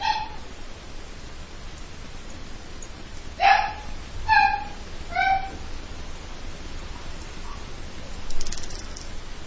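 A female dog lets out three short, high-pitched barks in quick succession, each one slightly falling in pitch, over a faint steady background hiss with no talking.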